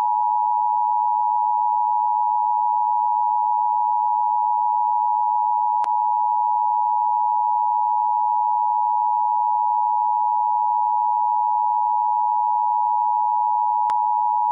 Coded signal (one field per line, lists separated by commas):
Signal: Emergency Alert System (SAME) tones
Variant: 853 and 960 Hz attention tone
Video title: EAS Scenario: Ready Set Learn